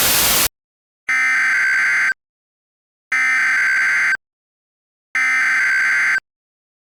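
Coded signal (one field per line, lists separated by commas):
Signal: Emergency Alert System (SAME) tones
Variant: header bursts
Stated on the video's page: Fictional EAS scenario.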